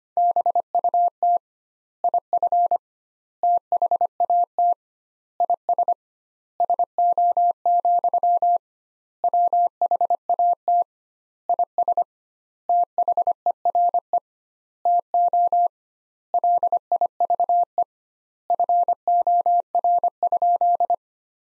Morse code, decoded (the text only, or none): BUT IF THAT IS SO, WHAT IS THERE TO LIVE FOR?